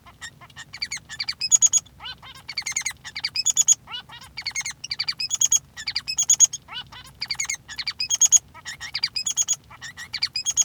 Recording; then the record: song of a male Bengalese finch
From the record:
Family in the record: son of father 3